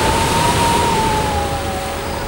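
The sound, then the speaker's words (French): Loud, steady storm wind at sea roars with a thin, high whistling howl that drifts slowly lower in pitch, a continuous rushing wash with no voices, as gigantic waves crash onto the deck of a boat. “Le vent se met à souffler et des vagues gigantesques s'écrasent sur le pont du bateau.”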